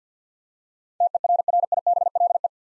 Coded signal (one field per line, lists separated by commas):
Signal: Morse code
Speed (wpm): 50 wpm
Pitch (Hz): 700 Hz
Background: none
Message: TERRIBLE